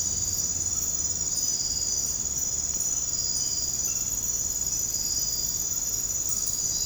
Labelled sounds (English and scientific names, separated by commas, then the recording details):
none
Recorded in dense forest near Puerto Asís, Putumayo, Colombia, on 19 February 2024 at 02:00
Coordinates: 0.486, -76.316
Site G6437